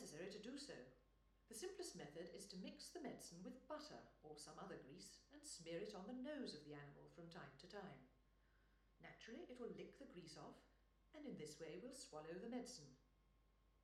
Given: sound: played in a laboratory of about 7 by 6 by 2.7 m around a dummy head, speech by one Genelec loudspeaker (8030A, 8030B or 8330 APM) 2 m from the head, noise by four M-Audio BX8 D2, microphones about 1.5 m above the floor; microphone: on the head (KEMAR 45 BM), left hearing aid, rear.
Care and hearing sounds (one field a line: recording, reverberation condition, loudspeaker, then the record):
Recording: female speech in English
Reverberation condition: medium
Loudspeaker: 90 degrees to the left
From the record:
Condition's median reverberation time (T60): about 510 ms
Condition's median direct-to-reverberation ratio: about -0.5 dB